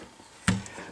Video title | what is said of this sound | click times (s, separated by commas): ASUS Q400A Laptop Screen Replacement Procedure | and lift up and out and listen for snapping sounds | 0.5 s, 0.7 s